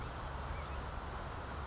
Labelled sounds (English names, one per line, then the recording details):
California Towhee
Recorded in Sonoma County, California